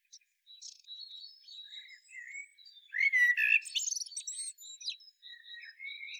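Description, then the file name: Common blackbird giving a fluted phrase with a scratchy high finish midway, with faint thin high notes around it. "Turdus merula"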